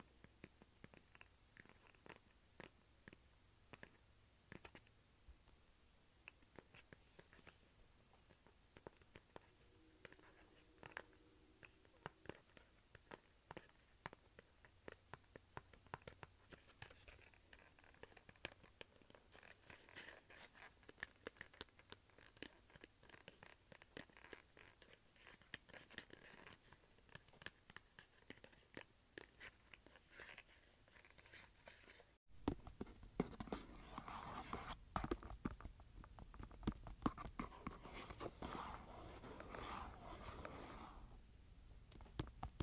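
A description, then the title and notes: Handling of a cardboard container, with quick taps, light scratches and crinkly clicks. Around the 32-second mark there is an abrupt cut, and the scratching becomes louder, denser and rougher until the end. ASMR Cardboard Container.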